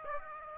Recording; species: mosquito wingbeat signal from an infrared sensor; Aedes aegypti